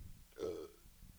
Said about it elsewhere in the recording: My delicious Sam Adams beer, which I'm still burping up. I moved the mic as far away as I could.